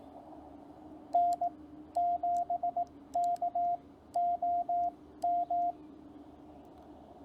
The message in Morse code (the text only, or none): N7KOM